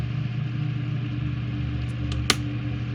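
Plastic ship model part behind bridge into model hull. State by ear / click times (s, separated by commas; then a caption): seated / 2.3 s. The last plastic part of an F-Toys R.M.S. Olympic 1:2000 scale model kit (2021) is pushed into the ship model's hull behind the bridge, over a steady low hum. A faint tick at 2.1 s comes before a sharp, bright click at 2.3 s as the part seats into place.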